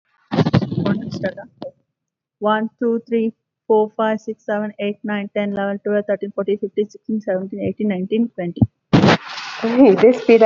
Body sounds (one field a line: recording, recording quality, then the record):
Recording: counting at a normal pace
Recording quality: excellent, no background noise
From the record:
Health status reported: COVID-19 positive, mild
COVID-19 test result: positive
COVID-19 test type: RT-PCR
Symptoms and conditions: fever, fatigue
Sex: female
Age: 33 years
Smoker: no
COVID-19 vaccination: both doses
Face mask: not worn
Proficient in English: yes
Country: India